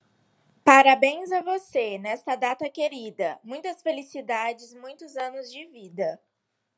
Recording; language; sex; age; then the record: short text; Brazilian Portuguese; female; 20 to 29 years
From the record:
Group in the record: control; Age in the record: 23 years